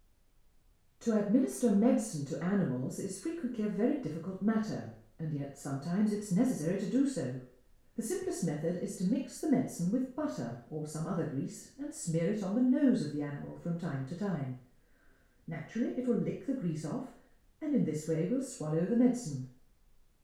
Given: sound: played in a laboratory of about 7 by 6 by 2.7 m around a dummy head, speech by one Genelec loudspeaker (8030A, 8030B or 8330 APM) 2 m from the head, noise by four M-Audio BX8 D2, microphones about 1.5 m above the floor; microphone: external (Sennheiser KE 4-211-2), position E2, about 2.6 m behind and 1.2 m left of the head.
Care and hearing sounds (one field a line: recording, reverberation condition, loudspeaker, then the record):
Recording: female speech in English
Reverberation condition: medium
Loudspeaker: 150 degrees to the left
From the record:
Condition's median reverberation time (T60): about 510 ms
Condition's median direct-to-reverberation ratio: about -0.5 dB